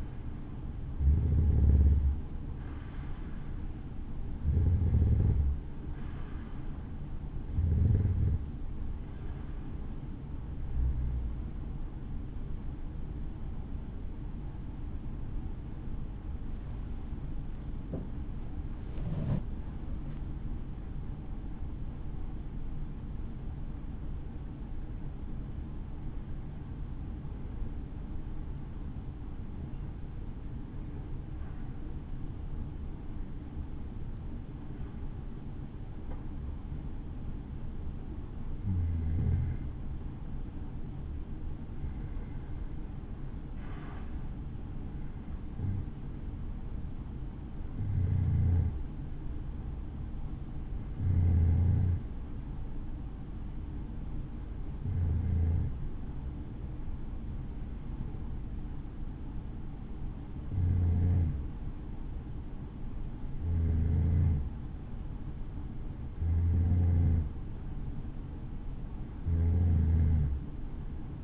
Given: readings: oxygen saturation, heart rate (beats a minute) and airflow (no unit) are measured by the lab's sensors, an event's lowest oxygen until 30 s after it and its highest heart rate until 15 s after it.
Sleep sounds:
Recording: breathing in sleep by a smartphone at the bedside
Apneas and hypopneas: 1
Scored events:
6.00-36.00 s: new sleep stage, N1 (lightest sleep)
31.00-45.90 s: hypopnea (N1, oxygen 95% highest, then 93% lowest, heart rate 67 at the start, 67 highest)
36.00-71.24 s: new sleep stage, N2 (light sleep)
From the record:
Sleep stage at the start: N2 (light sleep)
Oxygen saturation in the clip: 90 to 95%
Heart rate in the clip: 60 to 80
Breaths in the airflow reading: 23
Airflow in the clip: -8.3 to 9.8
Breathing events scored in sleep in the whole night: 216 in 7.0 hours asleep

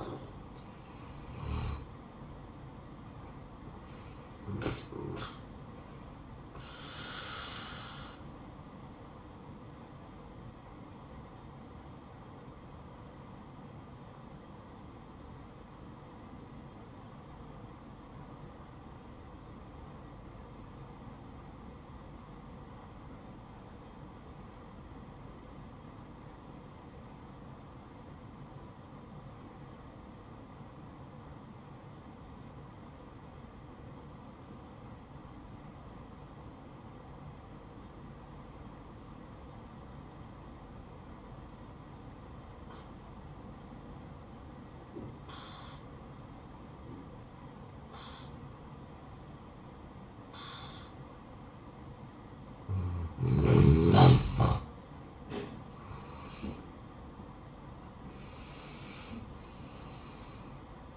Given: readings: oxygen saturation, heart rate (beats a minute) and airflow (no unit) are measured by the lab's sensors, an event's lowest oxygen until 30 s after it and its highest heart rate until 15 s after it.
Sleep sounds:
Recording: breathing in sleep by a smartphone at the bedside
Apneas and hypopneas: 1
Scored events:
12.00-54.20 s: obstructive apnea (N1, oxygen 95% highest, then 84% lowest, heart rate 61 at the start, 74 highest)
19.00-49.00 s: new sleep stage, N2 (light sleep)
49.00-60.97 s: new sleep stage, N1 (lightest sleep)
From the record:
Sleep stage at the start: N1 (lightest sleep)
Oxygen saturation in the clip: 85 to 95%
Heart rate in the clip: 58 to 69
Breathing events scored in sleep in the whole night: 573 in 9.8 hours asleep

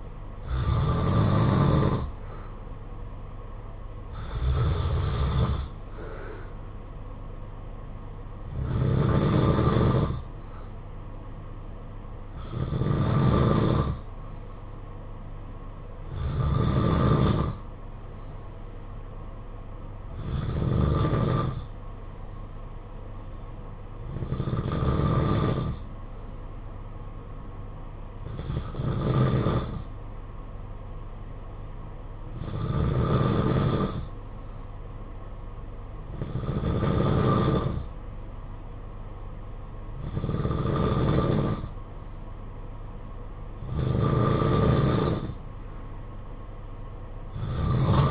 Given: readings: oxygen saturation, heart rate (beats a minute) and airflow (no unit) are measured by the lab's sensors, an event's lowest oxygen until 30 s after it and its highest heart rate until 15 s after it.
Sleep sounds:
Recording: breathing in sleep by a smartphone at the bedside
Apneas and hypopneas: 1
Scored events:
19.00-40.60 s: hypopnea (N2, oxygen 94% highest, then 91% lowest, heart rate 56 at the start, 58 highest)
From the record:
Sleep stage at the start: N2 (light sleep)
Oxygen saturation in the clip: 90 to 94%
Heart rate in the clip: 53 to 59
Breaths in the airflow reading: 12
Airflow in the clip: -7.8 to 5.6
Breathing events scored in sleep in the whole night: 476 in 9.7 hours asleep

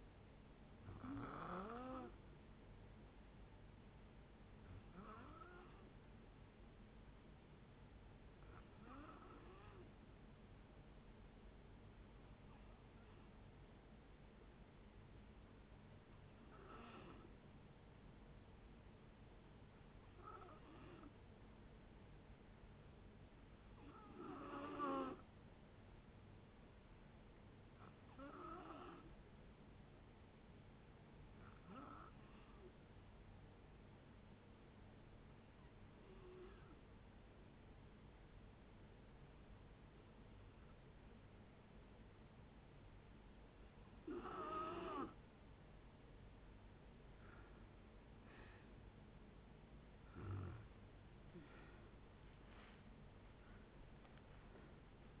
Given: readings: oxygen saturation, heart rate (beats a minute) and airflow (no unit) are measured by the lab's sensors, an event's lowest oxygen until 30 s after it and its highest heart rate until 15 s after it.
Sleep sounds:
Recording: breathing in sleep by a voice recorder at the bedside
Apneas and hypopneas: 1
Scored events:
23.00-46.30 s: hypopnea (N2, oxygen 93% highest, then 86% lowest, heart rate 64 at the start, 78 highest)
45.00-55.20 s: new sleep stage, N1 (lightest sleep)
From the record:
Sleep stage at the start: N2 (light sleep)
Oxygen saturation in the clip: 88 to 93%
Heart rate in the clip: 57 to 77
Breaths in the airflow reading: 15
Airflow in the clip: -9.3 to 9.9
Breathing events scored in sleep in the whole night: 496 in 5.4 hours asleep

